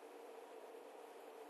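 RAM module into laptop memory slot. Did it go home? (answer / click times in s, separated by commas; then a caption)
no / none. A laptop RAM module is being handled over its memory slot in a Lenovo W540, before being pressed down until the side clamps lock. Only a steady, even hum with a band around 400–500 Hz is heard for the full 1.5 seconds, with no sharp sounds. Nothing has seated or clicked yet.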